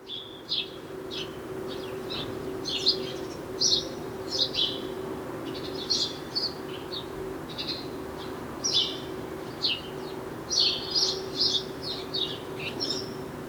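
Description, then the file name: House sparrow chirping persistently throughout, over a low constant hum. "Passer domesticus"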